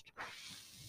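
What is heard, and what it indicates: Mechanical ventilator noise: a steady broadband hiss from a home mechanical ventilator, with the airflow sound rising sharply and then holding steady.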